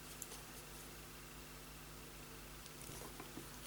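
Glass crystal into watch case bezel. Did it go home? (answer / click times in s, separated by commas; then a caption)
no / none. A replacement glass crystal is pressed into the case bezel of a faulty 1970s Omega quartz watch. Only a steady low hum is heard, broken by a faint tick near 0.2 seconds and small soft taps toward the end. Nothing clicks or seats, and the glass has not gone into the case at all.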